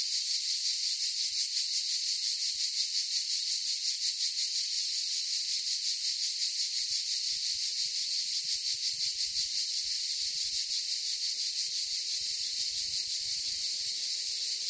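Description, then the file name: Cicadas keep up a high pulsing buzz while low scattered rustling and knocking sounds creep in later. Forest chorus of cicadas. "gain walkers CICADAS Forest Chorus"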